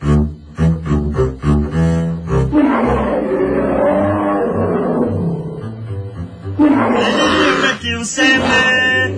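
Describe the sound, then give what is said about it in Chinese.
A giant panda from Sichuan, now in Hong Kong, calls loudly: a string of short pulsed bleats gives way to a long, rough, roaring bellow, then another burst of harsh bleating calls near the end. “咁熊猫不嬲都系咁嗌噶啦，做咩啫？”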